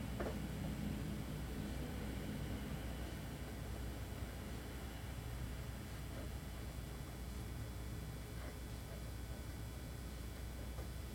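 Traffic passing outside makes a steady, dense rumble, heaviest in the low end, with no clear breaks across the eleven seconds. A faint constant hum sits underneath, and a few brief, brighter ticks surface around the first second and near eight seconds.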